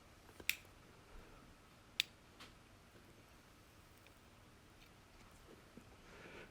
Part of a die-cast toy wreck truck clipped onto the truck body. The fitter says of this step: nice little click i